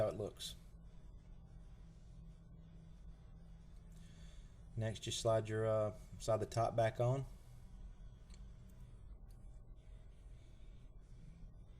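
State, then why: Not seated. A plastic top cover is slid back onto the shifter park interlock housing and lined up before being pressed down to snap in. Someone talks over low background noise, with a faint brief tap near 8.3 s. Nothing has seated or clicked yet.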